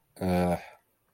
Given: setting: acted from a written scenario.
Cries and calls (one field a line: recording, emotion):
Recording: vocal sound without words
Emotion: embarrassment